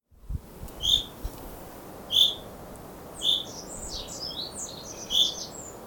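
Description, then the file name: Common chaffinch calls: short, bright, high notes repeated every one to two seconds, with softer twittering between the later notes and a steady low background noise. "Fringilla coelebs"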